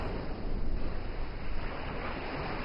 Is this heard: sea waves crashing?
yes